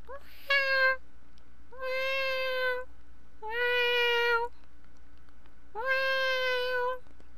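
Cat meowing: four drawn-out meows, each rising then level, with pauses between, over a faint steady hum.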